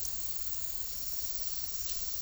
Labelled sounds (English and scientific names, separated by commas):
none